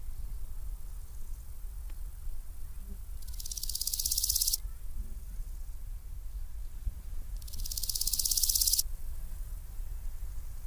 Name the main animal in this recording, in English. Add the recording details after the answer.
Large Gold Grasshopper. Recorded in the wild. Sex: male. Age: imago. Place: Lübars (Fließtal), Berlin, DE. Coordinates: 52.6167, 13.35. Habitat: Feuchtbiotop. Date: 1998-08-10 12:53. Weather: sonnig, 24°C. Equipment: Sony MD-WM MZ-R3, Sennheiser ME 80, Kopie Uher 4000 Report Monitor. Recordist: Tembrock, Günter. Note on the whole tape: Männchen: Strophen, hat nur einen Hinterschenkel